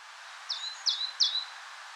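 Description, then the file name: Great tit giving three bright two-part notes in quick succession, each a falling high slide followed by a level lower tone, against a steady hiss. "Parus major"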